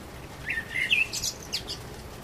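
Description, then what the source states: Common blackbird giving a single smooth whistled phrase that climbs into scratchy high twitters. Recorded on 12 April 2010.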